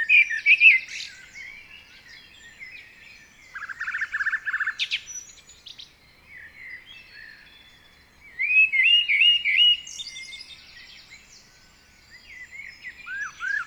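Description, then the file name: Common blackbird: songbird delivering scratchy high twitters and a buzzy rattled passage, then a bright warbled phrase and a few short whistles after a pause. "Turdus merula"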